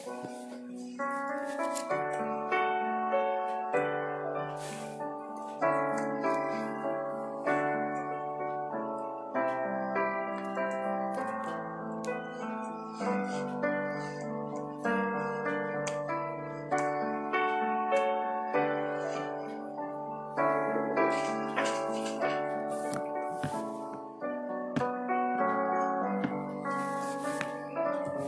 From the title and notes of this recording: Soft piano music. Pencil, flipping pages and typing ASMR. There's sound of typing on the keyboard and stuff.